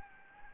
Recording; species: mosquito wingbeat signal from an infrared sensor; Anopheles gambiae